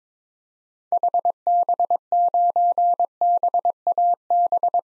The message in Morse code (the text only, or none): HB9BAB